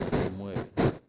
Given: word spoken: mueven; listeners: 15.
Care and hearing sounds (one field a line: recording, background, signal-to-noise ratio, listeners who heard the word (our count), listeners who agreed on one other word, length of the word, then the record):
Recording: one Spanish word in noise, from a listening test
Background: noise modulated by one talker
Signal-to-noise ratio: -10.8 dB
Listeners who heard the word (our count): 0 of 15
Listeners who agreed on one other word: 6 of 15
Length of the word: 0.68 s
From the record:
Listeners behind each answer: 6, 4, 2, 2, 1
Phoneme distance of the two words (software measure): 7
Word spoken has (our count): 2 syllables, 6 phonemes, stress on syllable 1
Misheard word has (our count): 2 syllables, 5 phonemes, stress on syllable 1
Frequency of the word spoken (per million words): 12.48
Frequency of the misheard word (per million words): 28.80